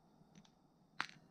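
A crimped MC4 solar cable pin is pushed into its plastic connector housing (a female socket). A couple of faint small clicks come at about 0.4 s, then the pin seats with one sharp snap at 1.0 s, followed by a softer tick. The pin is seated in the housing.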